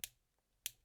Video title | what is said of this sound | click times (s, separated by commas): Hanhart 415 ES Panda And Reverse Panda 39mm 4K Watch Review | and it clicks back in with nice heavy loud audible clicks. | 0.0 s, 0.7 s